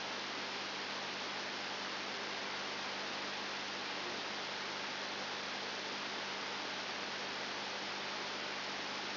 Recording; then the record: brain microelectrode recording played as sound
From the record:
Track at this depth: outside the subthalamic nucleus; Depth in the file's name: 7.099 mm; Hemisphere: left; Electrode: 2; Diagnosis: Parkinson's disease